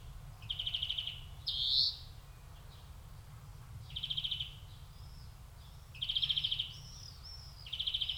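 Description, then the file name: European greenfinch giving rapid buzzy trilled calls in short bursts, with one higher, rising wheezy note among them, over faint low background hum. "Chloris chloris"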